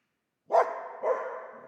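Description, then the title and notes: Dog barking twice, a loud rough bark followed half a second later by a second, slightly weaker one. Old dog stuck in the pool/basin of the dilapidated Palais El Glaoui courtyard, Fès, Morocco; full sun, circling, rearing on hind legs, barking at visitors; recorded with Zoom F3 and ORTF microphone. "Fès, Fès-Meknès, Maroc - le chien du palais El Glaoui. Dans la cour du palais (en décrépitude avancée), un vieux chien est "prisonnier" dans le bassin/piscine. Il se dresse sur ses pattes arrières pour entrevoir quelques secondes ce qui se passe dans la cour et "invective" les visiteurs de ses aboiements. JF CAVRO"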